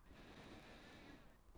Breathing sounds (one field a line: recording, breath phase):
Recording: one breath near a microphone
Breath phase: inhalation